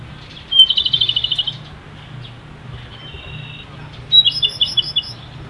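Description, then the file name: Japanese robin singing two phrases, each a high clear note running into a rapid rattling trill, separated by a few seconds of quiet background hum. "komadori"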